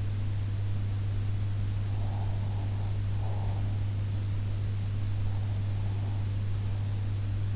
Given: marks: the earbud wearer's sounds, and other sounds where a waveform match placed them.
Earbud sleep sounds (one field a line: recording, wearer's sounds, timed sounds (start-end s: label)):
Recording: sounds in sleep by an in-ear microphone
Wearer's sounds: breath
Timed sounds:
1.77-3.74 s: breath